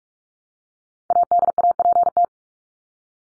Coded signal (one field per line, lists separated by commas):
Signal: Morse code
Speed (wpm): 44 wpm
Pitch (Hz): 700 Hz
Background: none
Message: ADAPT